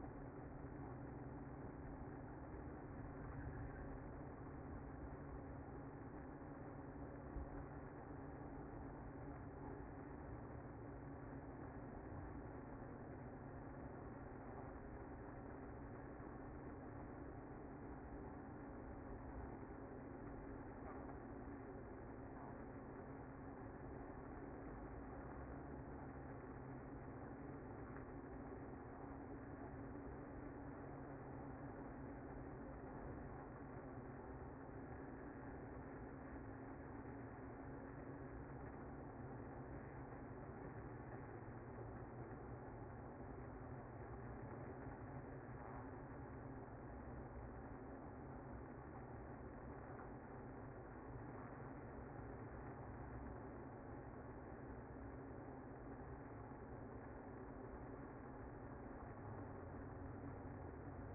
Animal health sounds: honeybee colony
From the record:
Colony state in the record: active

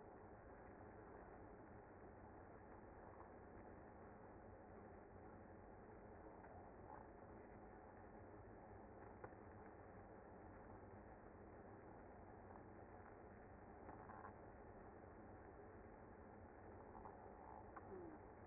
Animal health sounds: honeybee colony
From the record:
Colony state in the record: active

